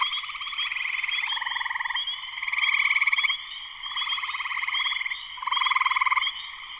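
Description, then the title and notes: Spring peeper chorus with steady overlapping calls: clipped upslurred peeps and throbbing trills, loudness pulsing in bursts lasting about a second. Full chorus shortly after sunset, Sleeping Bear Dunes National Lakeshore, northern Michigan, USA. "Spring peepers (chorus frogs) in full chorus shortly after sunset in the Sleeping Bear Dunes National Lakeshore in northern Michigan, USA. Recorded by Darrin Wassom. Music for Sleep"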